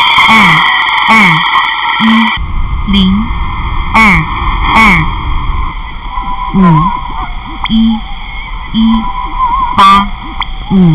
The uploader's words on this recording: Shortwave radio by ERH.